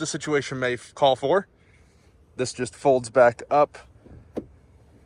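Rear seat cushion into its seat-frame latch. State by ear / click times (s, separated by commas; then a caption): seated / 4.4 s. Someone talks while the rear seat bottom of a 2022 Ford F-150 Lightning pickup's 60-40 split bench is folded back up. A short, sharp click at 4.4 s is the seat cushion locking into its seat-frame latch, and the seat is seated.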